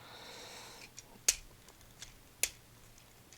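A plastic robot limb from a Transformers Collaborative Tonkinator (re-issue G1 Devastator) toy is plugged into the combiner robot. Two loud, sharp plastic clicks ring out at 1.3 s and 2.4 s, with a few faint ticks between them. The part seats and plugs in.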